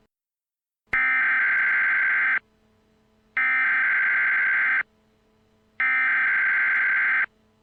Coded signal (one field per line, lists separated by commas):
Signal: Emergency Alert System (SAME) tones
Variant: header bursts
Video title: EAS Scenario special: Santarmageddon